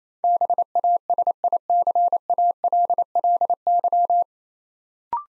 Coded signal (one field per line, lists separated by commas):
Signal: Morse code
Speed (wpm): 27 wpm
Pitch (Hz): 700 Hz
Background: none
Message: BASICALLY